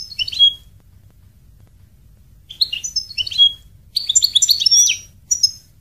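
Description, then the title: European goldfinch song: a short twittered phrase, a quiet gap of two seconds, then tinkling chirps building into a denser, slurred burst. "Chant Chardonneret"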